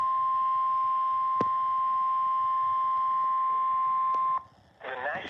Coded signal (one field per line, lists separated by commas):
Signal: Emergency Alert System (SAME) tones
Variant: 1050 Hz attention tone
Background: speech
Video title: Severe thunderstorm warning (EAS #227) (Radios: Midland HH54VP, ER310) 3-16-23 at 6:44PM